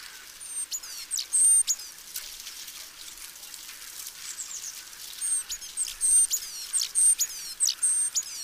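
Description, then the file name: Great tit calls: scattered high thin notes early, then a lively run of piercing flat whistles and quick descending sweeps after a quieter stretch. "Parus major"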